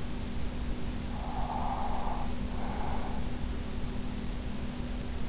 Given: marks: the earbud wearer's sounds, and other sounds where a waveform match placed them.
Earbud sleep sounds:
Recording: sounds in sleep by an in-ear microphone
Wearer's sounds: breath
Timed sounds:
0.90-3.29 s: breath

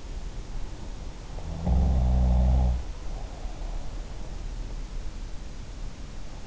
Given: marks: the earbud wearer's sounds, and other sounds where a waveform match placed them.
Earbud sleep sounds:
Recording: sounds in sleep by an in-ear microphone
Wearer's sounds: snoring breath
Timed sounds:
1.34-3.77 s: snoring breath

